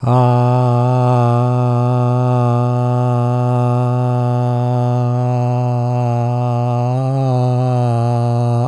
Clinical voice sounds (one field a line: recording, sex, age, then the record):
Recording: sustained vowel /a/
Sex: male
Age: 60 to 69 years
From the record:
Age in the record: 69 years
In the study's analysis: included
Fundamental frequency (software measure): 123 Hz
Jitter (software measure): 0.27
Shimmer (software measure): 0.69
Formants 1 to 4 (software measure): 705 Hz, 1234 Hz, 2733 Hz, 3542 Hz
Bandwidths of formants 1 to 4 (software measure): 107 Hz, 218 Hz, 224 Hz, 333 Hz